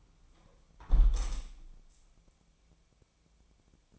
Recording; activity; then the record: daily activity, microphone in the room; close window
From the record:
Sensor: 1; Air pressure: 1000.4 hPa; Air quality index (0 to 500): 175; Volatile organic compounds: 4 ppm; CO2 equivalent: 1611 ppm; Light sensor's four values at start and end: 10/24/10/11 and 10/24/10/11